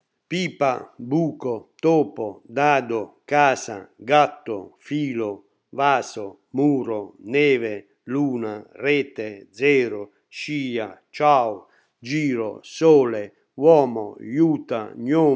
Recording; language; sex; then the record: read list of words; Italian; male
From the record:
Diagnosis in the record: healthy control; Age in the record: 68 years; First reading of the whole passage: 60 s, 8.7 characters per second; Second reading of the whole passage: 55 s, 9.3 characters per second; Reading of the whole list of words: 43 s, 6.5 characters per second